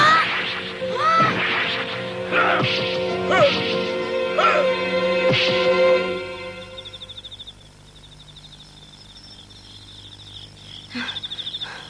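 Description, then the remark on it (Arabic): A quick series of sharp thumping kicks of shots at goal and blocks of a football, about five hits in a few seconds over a steady hum, followed by a quieter stretch of high, rhythmic insect-like chirping. “لقد صد كل تسديداتي إلى المرمى.”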